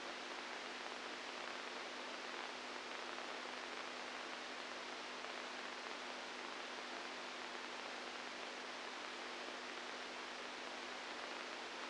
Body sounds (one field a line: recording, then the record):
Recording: brain microelectrode recording played as sound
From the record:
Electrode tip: inside the subthalamic nucleus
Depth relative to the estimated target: 0 mm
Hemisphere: right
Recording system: NeuroSet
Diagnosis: Parkinson's disease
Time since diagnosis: 10 years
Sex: female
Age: 67 years